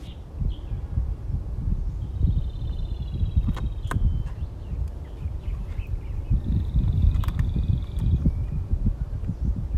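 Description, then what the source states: Rufous-tailed robin song: a thin, high, even trill held for about two seconds, then repeated several seconds later, over a steady low rumble and scattered clicks. Recorded 2020-05-02.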